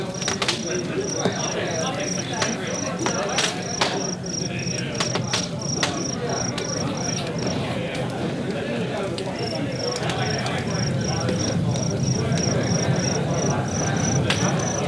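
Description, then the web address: Cicada calling, a high buzzy note chopped into short even pulses about four each second, briefly pausing midway, over a dense low rumble and scattered clicks. "цикады"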